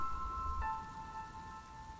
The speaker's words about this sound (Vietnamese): Trong cơn mưa tầm tã hôm ấy